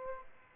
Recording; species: mosquito wingbeat signal from an infrared sensor; Aedes aegypti